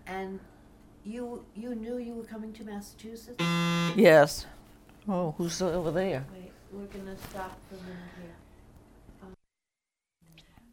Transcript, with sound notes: and you knew you were coming to Massachusetts? [Buzzer sounds]
Oh, who's over there?
Wait. We're going to stop for a minute here.